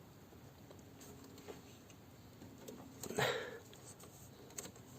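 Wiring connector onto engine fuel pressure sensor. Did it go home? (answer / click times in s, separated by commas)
no / none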